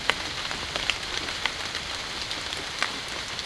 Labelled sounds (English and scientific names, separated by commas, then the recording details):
none
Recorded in dense forest near Puerto Asís, Putumayo, Colombia, on 24 June 2025 at 14:00
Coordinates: 0.499, -76.324
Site G100